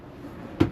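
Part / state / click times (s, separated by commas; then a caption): locking drawer slider in a van plywood cabinet / seated / 0.6 s. A drawer on a locking slider in the plywood cabinet of a Mitsubishi Delica L400 van is pushed down and all the way in. After a quiet stretch, a sharp latch click sounds at 0.6 s as the locking slider catches. The drawer locks closed, flush with the cabinet.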